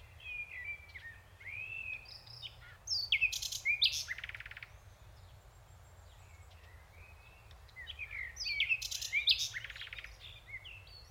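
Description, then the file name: Common nightingale delivering two varied phrases several seconds apart, each mixing slurred whistles with loud buzzy bursts, over steady low background noise. "Luscinia megarhynchos"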